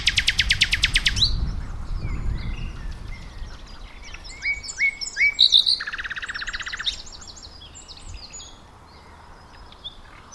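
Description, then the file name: Common nightingale song: an opening buzzy rattle, then varied chirps and whistled notes and a second rattle, with some low rumbling noise early on. "Luscinia megarhynchos"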